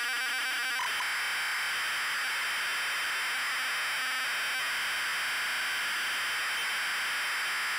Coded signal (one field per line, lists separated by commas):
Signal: ZX Spectrum tape loading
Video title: Wizball TZX load test (ZX Spectrum +2, UK)